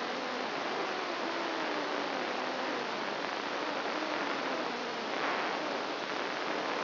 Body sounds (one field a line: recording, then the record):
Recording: brain microelectrode recording played as sound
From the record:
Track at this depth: outside the subthalamic nucleus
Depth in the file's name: -0.11 mm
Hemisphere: right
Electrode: 2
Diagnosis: Parkinson's disease